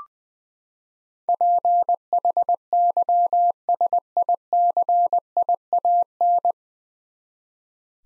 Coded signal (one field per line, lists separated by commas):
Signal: Morse code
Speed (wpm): 20 wpm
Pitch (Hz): 700 Hz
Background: none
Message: PHYSICIAN